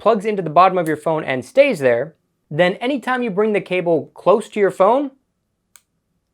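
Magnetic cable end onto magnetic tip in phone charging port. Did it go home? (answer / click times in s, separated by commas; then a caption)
yes / 5.8 s. Someone talks for about five seconds as a magnetic charging cable is brought close to a small magnetic tip already plugged into the bottom of a phone's charging port. After a short silence, the cable end pulls onto the tip and snaps into place with a single short, sharp click at 5.8 s, seating the cable.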